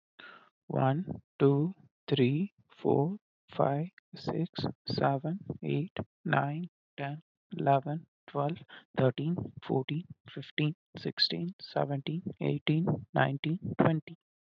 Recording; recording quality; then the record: counting at a normal pace; excellent, no background noise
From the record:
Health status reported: healthy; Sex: male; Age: 19 years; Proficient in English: yes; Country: India